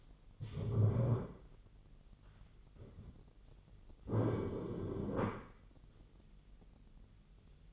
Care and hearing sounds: daily activity, microphone in the room; stand up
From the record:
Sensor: 4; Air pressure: 999.3 hPa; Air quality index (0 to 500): 113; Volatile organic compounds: 2 ppm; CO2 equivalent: 1121 ppm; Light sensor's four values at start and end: 13/30/12/13 and 13/30/12/13

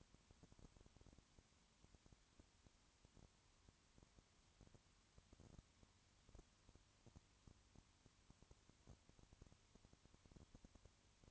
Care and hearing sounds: daily activity, microphone in the room; no activity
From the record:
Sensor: 3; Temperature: 20.5 degrees Celsius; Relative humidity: 34.6%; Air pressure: 1001.0 hPa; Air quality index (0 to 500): 195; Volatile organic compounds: 6 ppm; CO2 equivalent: 1859 ppm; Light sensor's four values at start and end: 2/3/2/2 and 2/3/2/2

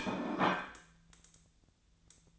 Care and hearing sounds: daily activity, microphone in the room; place plate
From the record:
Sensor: 3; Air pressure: 1009.4 hPa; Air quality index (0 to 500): 198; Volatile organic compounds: 17 ppm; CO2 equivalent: 2565 ppm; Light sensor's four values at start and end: 35/87/37/40 and 35/87/37/40

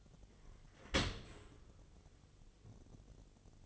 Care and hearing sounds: daily activity, microphone in the room; open dishwasher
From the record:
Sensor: 4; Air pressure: 1007.5 hPa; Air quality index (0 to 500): 201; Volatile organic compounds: 7 ppm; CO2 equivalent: 2003 ppm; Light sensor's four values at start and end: 22/70/26/26 and 22/70/26/26

